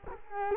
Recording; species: mosquito wingbeat signal from an infrared sensor; Culex quinquefasciatus